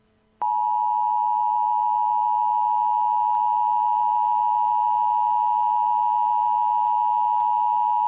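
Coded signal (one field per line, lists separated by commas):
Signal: Emergency Alert System (SAME) tones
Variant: 853 and 960 Hz attention tone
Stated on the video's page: Mock compilation built from real tornado warning and emergency EAS alerts with valid tones.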